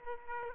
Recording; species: mosquito wingbeat signal from an infrared sensor; Aedes aegypti